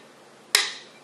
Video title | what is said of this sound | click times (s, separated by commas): iPAD - CLEAR CASE & STAND - FROM iSEE - HD QUALITY | you hear a snap you'll know it's secure so | 0.6 s